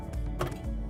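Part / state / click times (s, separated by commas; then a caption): laser head into laser cutter carriage / seated / 0.4 s. After the orange shipping plug is pulled, the laser head of a Glowforge laser cutter is pressed into its carriage. A sharp, short click at 0.4 s rises above a steady low background hum. The head snaps firmly into place and is seated.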